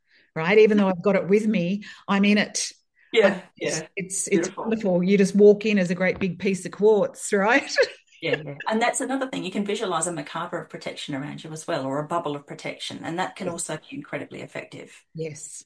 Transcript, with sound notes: Even though I've got it with me, I'm in it.
Yeah. Yeah, beautiful.
I've... It's- it's wonderful. You just walk in as a great big piece of quartz, right? (laughs)
Yeah, yeah. And that's another thing. You can visualize a macabre of protection around you as well, or a bubble of protection, and that can also-
Yeah.
... be incredibly effective.